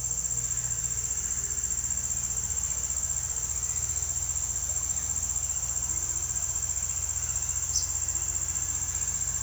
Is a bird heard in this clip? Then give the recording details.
no. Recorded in pastures near Puerto Asís, Putumayo, Colombia, on 9 March 2025 at 18:00. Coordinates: 0.497, -76.327. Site G072